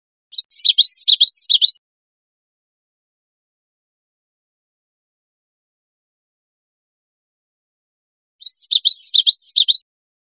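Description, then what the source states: Common yellowthroat giving two bursts of rapid, rolling high phrases, each lasting about one and a half seconds, separated by roughly seven seconds of silence. Recorded 27 April 2002.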